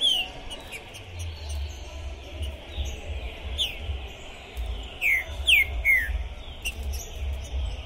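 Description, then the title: Green-winged saltator song: soft whistled notes building to three loud, sharply descending whistles near the end, set against low rumbling noise. Captive bird at a singing tournament entrance, warming up before a contest, chirping, singing and displaying aggressively (macheando); 2021; described as a 'Pistoleiro' bird. "ESQUENTAR Seu TRINCA Piando, Cantando E Macheando Na DISPUTA. Esse TRINCA FERRO ficou POSSUÍDO na PORTA do TORNEIO! Trinca Ferro Pistoleiro 2021!"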